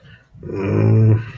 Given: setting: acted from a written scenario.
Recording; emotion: vocal sound without words; guilt